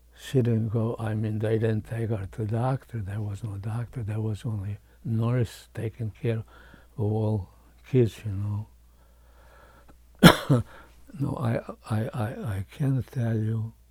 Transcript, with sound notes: She didn't go, I mean they didn't take her to doctor there was no doctor there was only nurse taking care of all kids you know. [coughs] No I, I, I can't tell you